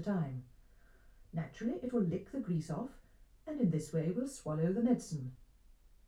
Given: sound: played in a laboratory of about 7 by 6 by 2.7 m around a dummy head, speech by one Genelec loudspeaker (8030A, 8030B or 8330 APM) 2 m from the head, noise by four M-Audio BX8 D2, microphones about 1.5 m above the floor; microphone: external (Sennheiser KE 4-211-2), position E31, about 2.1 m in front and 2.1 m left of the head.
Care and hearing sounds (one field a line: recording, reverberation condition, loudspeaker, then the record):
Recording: female speech in English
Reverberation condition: low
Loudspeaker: 90 degrees to the left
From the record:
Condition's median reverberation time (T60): about 310 ms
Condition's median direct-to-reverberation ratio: about 3.5 dB